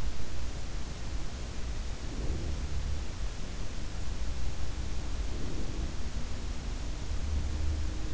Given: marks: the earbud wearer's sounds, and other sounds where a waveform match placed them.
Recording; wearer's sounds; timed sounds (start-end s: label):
sounds in sleep by an in-ear microphone; breath
1.89-3.01 s: sound from someone else or the room
2.06-3.01 s: breath
4.67-8.14 s: sound from someone else or the room
5.23-6.19 s: breath